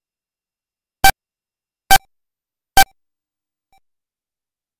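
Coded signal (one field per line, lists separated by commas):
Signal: none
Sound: game sound beeps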